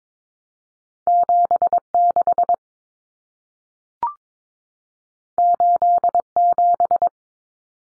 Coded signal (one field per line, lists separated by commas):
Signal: Morse code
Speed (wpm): 22 wpm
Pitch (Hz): 700 Hz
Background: none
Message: 76 87